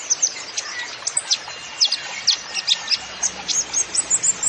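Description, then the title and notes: Kolibri Ninja song: high, sharp chirps and short downslurred notes, several per second in a steady stream. Masteran recording used to train songbirds, full of 'isian' fill-in and 'tembakan' shot song phrases, meant as 'pancingan' to prompt other birds; bird described as 'gacor', singing persistently. "MASTERAN KOLIBRI NINJA FULL ISIAN DAN TEMBAKAN COCOK BUAT PANCINGAN. Suara Burung Kolibri Ninja Gacor"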